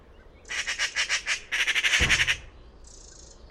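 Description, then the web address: Bird giving two rapid runs of grating, pulsed squawks, then a brief thin high note. "Bird Only More Classes Pi Pi Pi Pi"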